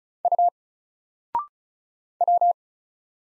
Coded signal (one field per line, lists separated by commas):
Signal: Morse code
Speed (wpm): 36 wpm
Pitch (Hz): 700 Hz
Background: none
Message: U W